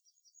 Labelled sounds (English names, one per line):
Yellowhammer song